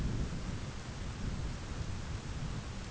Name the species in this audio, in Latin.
none